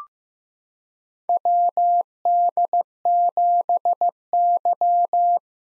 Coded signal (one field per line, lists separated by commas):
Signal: Morse code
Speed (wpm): 15 wpm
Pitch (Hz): 700 Hz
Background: none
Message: WD7Y